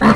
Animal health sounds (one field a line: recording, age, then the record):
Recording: pig call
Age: piglet (1 to 25 days)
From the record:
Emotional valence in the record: positive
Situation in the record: reunion after long isolation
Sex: female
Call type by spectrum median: low-frequency call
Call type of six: low-frequency tonal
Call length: 0.15 s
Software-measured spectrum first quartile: 232 Hz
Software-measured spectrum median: 533 Hz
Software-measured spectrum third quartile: 1235 Hz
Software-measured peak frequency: 218 Hz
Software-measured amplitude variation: 78 dB a second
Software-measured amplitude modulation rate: 22.9 a second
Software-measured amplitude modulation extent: 3.4 dB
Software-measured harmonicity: 1.6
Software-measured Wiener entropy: -1.14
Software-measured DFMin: 809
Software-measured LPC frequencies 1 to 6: 1136, 1788, 2750, 4340, 5338, 6120 Hz